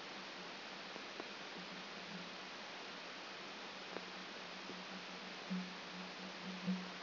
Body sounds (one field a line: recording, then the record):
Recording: brain microelectrode recording played as sound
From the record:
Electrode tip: outside the subthalamic nucleus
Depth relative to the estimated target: -4 mm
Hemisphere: left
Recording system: AlphaMap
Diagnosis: Parkinson's disease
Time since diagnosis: 14 years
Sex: female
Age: 58 years